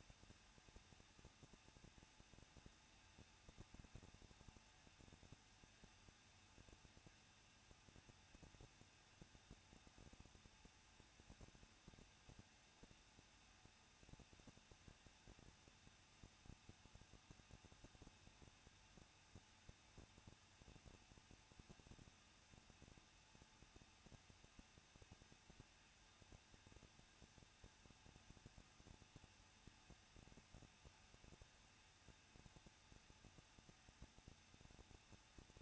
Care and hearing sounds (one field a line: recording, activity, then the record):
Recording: daily activity, microphone in the room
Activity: no activity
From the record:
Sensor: 2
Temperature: 21.0 degrees Celsius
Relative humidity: 37.5%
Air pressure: 1006.2 hPa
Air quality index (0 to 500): 223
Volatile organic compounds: 25 ppm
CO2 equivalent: 2827 ppm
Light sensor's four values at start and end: 2/3/2/2 and 2/3/2/2